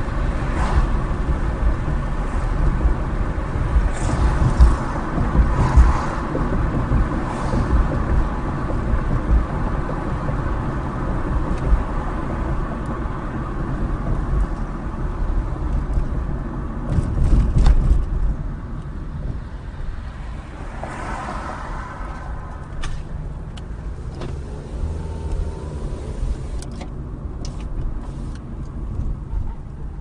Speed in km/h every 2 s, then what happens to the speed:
58, 56, 56, 56, 55, 55, 47, 37, 31, 16, 13, 11, 23, 29, 19.
0-11 steady at about 56. 11-20 brakes to 13. 22-25 speeds up to 29.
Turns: 17-23.